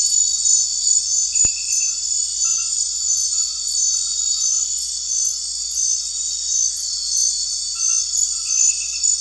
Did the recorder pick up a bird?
no